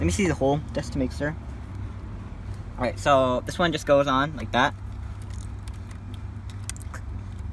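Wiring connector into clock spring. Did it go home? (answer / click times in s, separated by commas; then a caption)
yes / 6.7 s. A second plastic wiring connector is pushed onto the clock spring cable reel of a 2003–2007 Honda Accord, with the steering wheel and airbag removed. Someone talks over a steady low hum, then a sharp click at 6.7 s, among a few faint ticks, marks the connector snapping into place, and it is confirmed seated.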